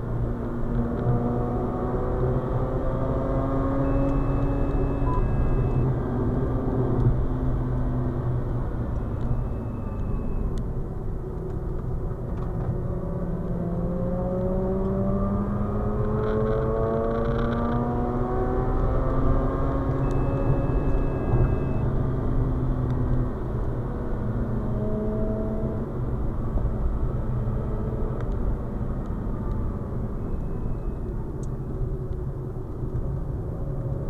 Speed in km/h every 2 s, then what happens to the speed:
114, 122, 115, 107, 75, 71, 82, 96, 111, 122, 114, 104, 96, 94, 73, 59, 61.
0-3 speeds up to 122. 3-10 brakes to 71. 10-17 speeds up to 122. 18-31 brakes to 59.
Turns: 6-16, 28-34.